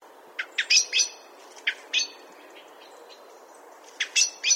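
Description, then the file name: Common blackbird giving scattered sharp chinking notes in small irregular groups. "Turdus merula"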